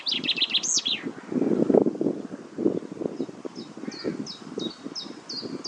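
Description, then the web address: Common chaffinch song ending in a quick looping flourish, followed by a series of short high notes repeated about three times a second, with low rumbling noise. "Deverinetal 2025"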